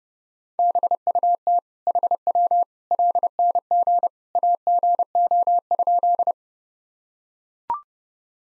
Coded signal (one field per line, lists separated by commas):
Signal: Morse code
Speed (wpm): 32 wpm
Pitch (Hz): 700 Hz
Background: none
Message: BUT HW LNG AGO?